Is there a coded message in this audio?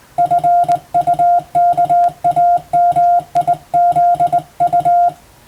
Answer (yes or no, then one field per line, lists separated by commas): yes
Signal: Morse code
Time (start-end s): 0.2-5.1 s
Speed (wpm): 19 wpm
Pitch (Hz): 700 Hz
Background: music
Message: FUKAMIZU